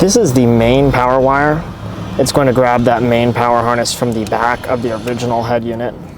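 Someone talks while handling the main power harness of a Hamilton CarPlay and Android Auto conversion kit for a 2014-21 Lexus GX, bringing it to the plastic connector from the back of the original head unit, which has a gray locking bar. Nothing has seated or clicked yet.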